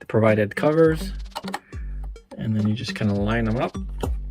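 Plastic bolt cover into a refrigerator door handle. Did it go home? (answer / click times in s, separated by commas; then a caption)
no / none. Someone talks while plastic covers are lined up over the Allen bolts on the door handles of a Galanz Retro mini fridge, with a few faint taps around 1.4–1.5 s and at 4.0 s. The clip ends while the cover is still being lined up, and nothing has clicked into the handle yet.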